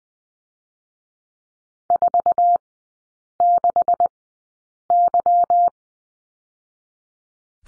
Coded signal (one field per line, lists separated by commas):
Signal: Morse code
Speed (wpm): 20 wpm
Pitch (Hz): 700 Hz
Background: none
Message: 46Y